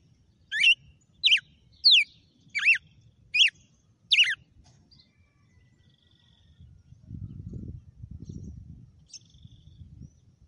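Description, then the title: Red-cowled cardinal song: six sharp, slurred whistled notes in quick succession over about four seconds, then a low rumbling background noise. Female bird named Fenrir; the source calls its song today 'açoite'. "GALO DE CAMPINA FENRIR"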